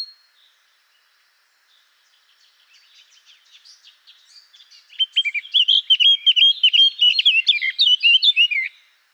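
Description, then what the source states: Eurasian blackcap song: a quiet, scratchy warble building into a loud, rich run of fluting whistled notes over the final four seconds. Recorded in Garching on 17 June 2014.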